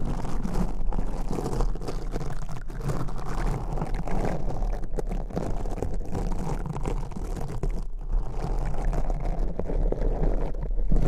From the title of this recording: Crunchy Slime x Brain Scratching